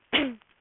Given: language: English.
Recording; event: throat vibration sensor signal played as sound; cough